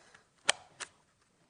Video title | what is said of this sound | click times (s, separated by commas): HobbyMaker Live | so we just can you see how that's not done that one so put it back in until it clicks yeah | 0.5 s